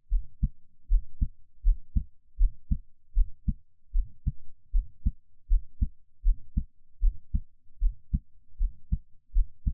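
Steady paired lub-dub thumps at about 80 beats a minute, a regular normal adult heartbeat.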